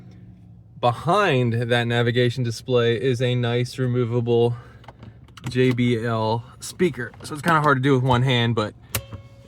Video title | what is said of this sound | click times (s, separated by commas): 2024 Toyota Tacoma TRD Off Road Interior - Detailed Walkthrough | you push that button and you heard it pop up with a spring and you can actually remove this and use this | 8.9 s